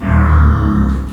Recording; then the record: squeal of a Yucatan mini pig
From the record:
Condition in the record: after surgery on the right vocal fold (resection and tissue-engineered implant); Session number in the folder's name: 17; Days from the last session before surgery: 195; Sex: female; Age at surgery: 19 weeks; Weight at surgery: 25 kg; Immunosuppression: prednisolone